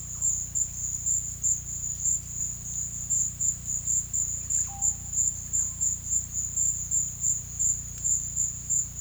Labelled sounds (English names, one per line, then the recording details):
none
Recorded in pastures near Puerto Asís, Putumayo, Colombia, on 18 December 2024 at 13:00
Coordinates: 0.472, -76.331
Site GP02